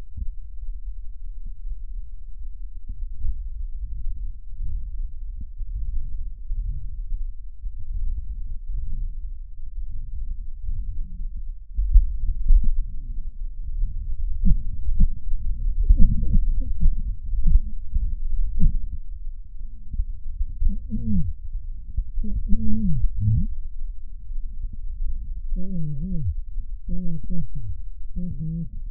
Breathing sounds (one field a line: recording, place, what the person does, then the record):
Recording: lung sounds by stethoscope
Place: left posterior basal chest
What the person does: quiet breathing, then cough and speech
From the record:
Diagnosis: COPD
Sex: male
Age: 75 years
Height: 182 cm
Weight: 98 kg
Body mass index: 29.6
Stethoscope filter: bell mode